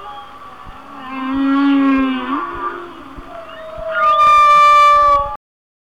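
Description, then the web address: Whale song with long, moaning tonal calls that slide and bend, then a loud, sustained higher note rich in overtones before an abrupt cutoff. "Natures Songs Whale Songs Whale Songs"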